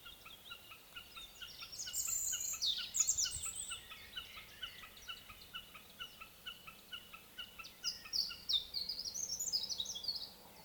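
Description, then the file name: European robin singing thin, high, tumbling warbled phrases in two bursts, over a steady series of short repeated chirps, about three per second. "Erithacus rubecula"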